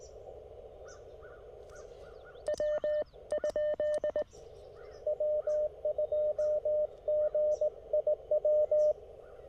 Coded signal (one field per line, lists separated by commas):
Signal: Morse code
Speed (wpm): 19 wpm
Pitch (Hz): 600 Hz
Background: none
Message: W? W2GIW